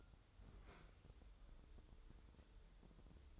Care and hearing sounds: daily activity, microphone in the room; open fridge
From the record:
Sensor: 3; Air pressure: 988.4 hPa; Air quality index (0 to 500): 194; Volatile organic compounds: 300 ppm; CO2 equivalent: 4481 ppm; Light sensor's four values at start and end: 25/78/32/28 and 25/78/32/28

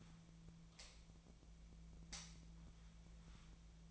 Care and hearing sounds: daily activity, microphone in the room; light on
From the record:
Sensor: 1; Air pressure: 1009.8 hPa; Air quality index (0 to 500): 190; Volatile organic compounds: 17 ppm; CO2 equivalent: 2599 ppm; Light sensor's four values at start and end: 35/89/37/45 and 46/133/55/62

